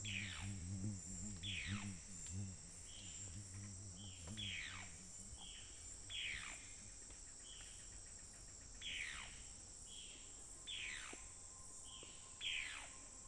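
Bird repeating falling, slurred calls, many in a row with short phrases between, over a ringing insect drone; a low throbbing hum fills the first few seconds.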